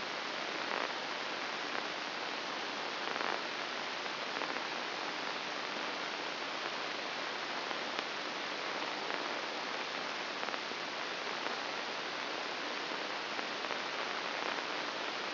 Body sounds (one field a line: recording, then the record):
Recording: brain microelectrode recording played as sound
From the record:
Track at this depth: inside the subthalamic nucleus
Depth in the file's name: 1.207 mm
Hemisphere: right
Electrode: 2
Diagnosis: Parkinson's disease